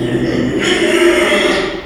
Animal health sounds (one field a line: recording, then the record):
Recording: squeal of a Yucatan mini pig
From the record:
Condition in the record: after surgery on the right vocal fold (resection and tissue-engineered implant)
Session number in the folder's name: 2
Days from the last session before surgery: 13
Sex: male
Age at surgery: 12 weeks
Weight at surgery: 13 kg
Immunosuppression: cyclosporine, prednisolone